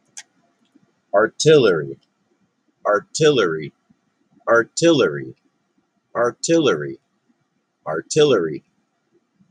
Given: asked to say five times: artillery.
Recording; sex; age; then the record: repeated word; male; 40 to 49 years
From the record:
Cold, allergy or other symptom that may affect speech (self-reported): no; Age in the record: 43 years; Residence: Massachusetts, United States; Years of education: 14